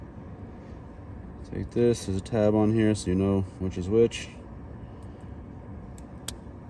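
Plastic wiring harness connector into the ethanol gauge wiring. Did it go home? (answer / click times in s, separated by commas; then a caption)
yes / 6.3 s. Someone talks as a keyed plastic wiring harness connector is lined up by its tab and pushed onto the wiring of an Innovative Motorsports ethanol gauge being installed on a VW/Audi MQB EA888 engine. A sharp click is heard at 6.3 s as the connector snaps into place and seats.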